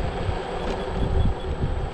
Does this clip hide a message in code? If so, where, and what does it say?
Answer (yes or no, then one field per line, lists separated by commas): no